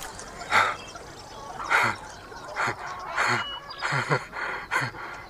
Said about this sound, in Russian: Видит взлетающих голубей.